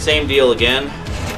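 An optical DVD burner is being handled as it goes into a 5.25-inch bay of a PC case while someone talks. The drive has not seated or clicked into place yet.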